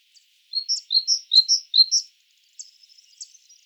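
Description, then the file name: Great tit giving four rapid two-note phrases of alternating pitch, followed by faint, thin, high twittering notes. "Parus major"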